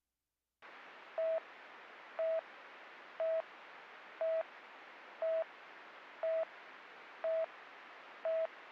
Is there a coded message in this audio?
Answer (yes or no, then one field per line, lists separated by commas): no